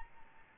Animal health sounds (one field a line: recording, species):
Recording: mosquito wingbeat signal from an infrared sensor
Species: Aedes albopictus